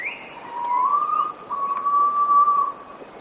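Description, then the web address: Red-bellied pitta giving a long, mournful whistle that rises slightly and breaks into two drawn-out parts, over a steady high insect drone. "wroblowe ptaki erythropitta erythrogaster"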